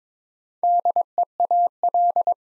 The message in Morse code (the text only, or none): DEAL